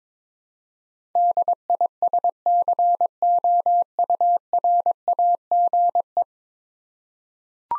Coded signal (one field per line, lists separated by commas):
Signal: Morse code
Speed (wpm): 21 wpm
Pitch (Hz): 700 Hz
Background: none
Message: DISCOURAGE